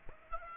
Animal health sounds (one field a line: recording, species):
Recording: mosquito wingbeat signal from an infrared sensor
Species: Aedes aegypti